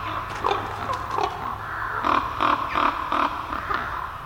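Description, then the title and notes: Raven calls: a quick series of harsh, hoarse croaks, roughly two or three a second, starting after a quieter stretch of scattered calls and steady low rumble. Several ravens calling over their roost in a forest. "Chris Watson - Ravens Over Their Roost In The Forest by Red Bull Music Academy"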